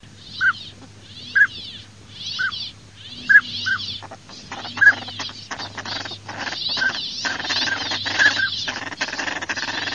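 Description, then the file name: Northern pintail calls: short whistled notes repeated at irregular intervals during the first half, then a dense hissing and rustling background with a few faint notes. "CODONESA"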